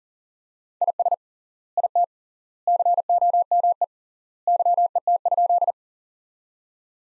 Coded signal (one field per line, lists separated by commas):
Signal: Morse code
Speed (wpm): 40 wpm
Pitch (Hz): 700 Hz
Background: none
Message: IS IT COME YET?